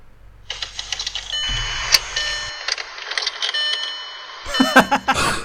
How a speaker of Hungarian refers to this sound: Azt látod, hogy indítgatja az autóját. És igen, csak és teljesen lefullad, nem.